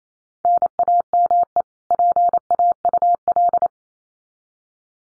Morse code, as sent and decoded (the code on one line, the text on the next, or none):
-. .- -- . / .--. .- ..- .-..
NAME PAUL